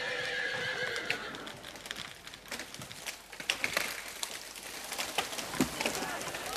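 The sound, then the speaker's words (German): A horse lets out a high, wavering whinny at the start, followed by a steady scatter of hooves clip-clopping and scuffing over a busy, hissing background. “6.000 Pferde werden eingesetzt.”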